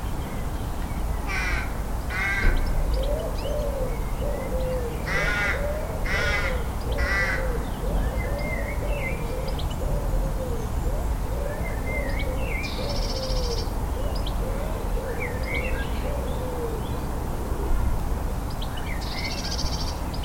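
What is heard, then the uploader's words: Birds call in the Liverpool garden over a steady low rumble that runs the whole time. A string of short, bright, rasping calls comes around two and five to seven seconds, with higher chirps and a squeaky call near thirteen and nineteen seconds. Liverpool Garden April 2021. Liverpool morning rituals April 2021.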